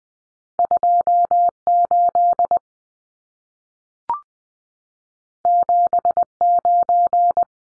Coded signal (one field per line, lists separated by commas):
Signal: Morse code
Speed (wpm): 20 wpm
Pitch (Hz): 700 Hz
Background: none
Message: 28 79